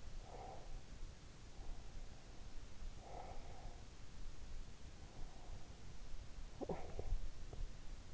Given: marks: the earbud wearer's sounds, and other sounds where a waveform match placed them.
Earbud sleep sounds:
sounds in sleep by an in-ear microphone; breath, talking in sleep, teeth grinding
0.00-1.20 s: breath
2.55-4.27 s: breath
6.31-8.05 s: talking in sleep
6.75-7.65 s: teeth grinding

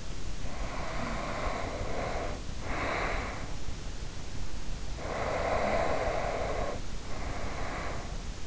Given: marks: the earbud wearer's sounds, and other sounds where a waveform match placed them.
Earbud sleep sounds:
sounds in sleep by an in-ear microphone; breath
0.18-3.99 s: breath
4.73-8.47 s: breath

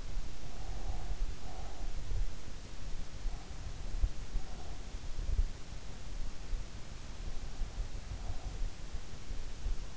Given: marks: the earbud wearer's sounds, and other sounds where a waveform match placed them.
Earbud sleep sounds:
sounds in sleep by an in-ear microphone; breath
0.00-2.45 s: breath

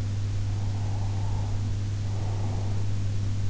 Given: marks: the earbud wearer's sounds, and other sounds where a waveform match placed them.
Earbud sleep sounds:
sounds in sleep by an in-ear microphone; breath
0.27-3.13 s: breath

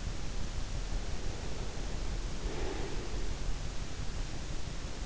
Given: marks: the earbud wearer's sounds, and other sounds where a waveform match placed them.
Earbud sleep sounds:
sounds in sleep by an in-ear microphone; breath
0.71-3.49 s: breath

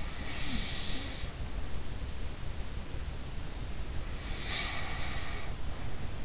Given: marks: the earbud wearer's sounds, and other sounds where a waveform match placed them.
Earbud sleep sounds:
sounds in sleep by an in-ear microphone; snoring breath
0.09-1.69 s: snoring breath
4.24-6.25 s: snoring breath

